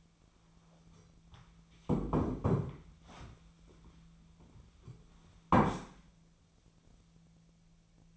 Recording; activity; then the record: daily activity, microphone in the room; sit down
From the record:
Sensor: 1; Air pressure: 1008.2 hPa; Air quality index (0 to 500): 192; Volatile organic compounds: 18 ppm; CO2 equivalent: 2602 ppm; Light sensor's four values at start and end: 14/35/14/16 and 14/36/15/16